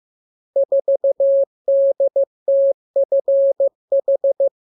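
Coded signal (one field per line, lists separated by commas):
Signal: Morse code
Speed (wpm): 15 wpm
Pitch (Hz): 550 Hz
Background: none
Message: 4DTFH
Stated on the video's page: Morse lesson 39 for receiving letters, numbers, punctuation and amateur radio Q-code; each radiogram begins with VVV and a section sign and ends with AR.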